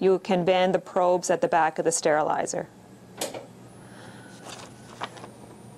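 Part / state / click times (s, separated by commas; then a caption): instrument cassette into tabletop sterilizer / seated / 3.2 s. A loaded instrument cassette is pushed gently into a tabletop sterilizer and clicks into place at 3.2 seconds. Someone talks for the first two and a half seconds, then a few faint handling sounds follow over a quiet hum.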